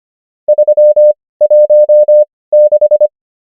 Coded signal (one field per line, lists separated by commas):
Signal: Morse code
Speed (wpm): 25 wpm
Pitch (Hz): 600 Hz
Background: none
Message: 316